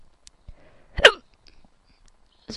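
A single sharp, abrupt vocal hiccup burst near the middle, another seeming to start at the end: hiccups in an adult.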